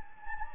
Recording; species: mosquito wingbeat signal from an infrared sensor; Anopheles gambiae